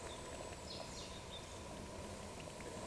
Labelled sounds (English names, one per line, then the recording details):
Eurasian Woodcock whistle
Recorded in Baden-Württemberg, Germany, on 1 June 2020 at 19:51 UTC
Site 44397, 226 m above sea level